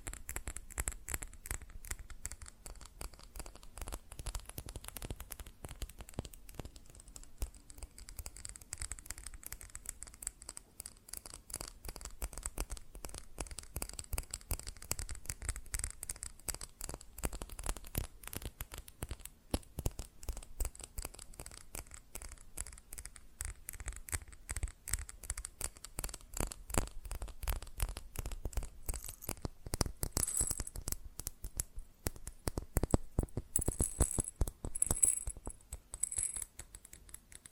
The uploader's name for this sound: ASMR Fast Tapping on GlassCeramic Objects